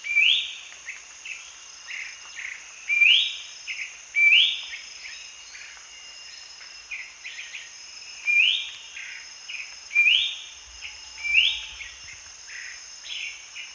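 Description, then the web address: Ferruginous babbler produces a series of upslurred whistles and short dropping notes in uneven bursts, accompanied by a continuous high-pitched insect buzz. Danum, 1 January 2008. "DANUM 20080101 ferruginous babbler"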